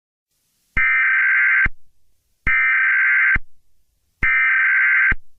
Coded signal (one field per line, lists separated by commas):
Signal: Emergency Alert System (SAME) tones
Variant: header bursts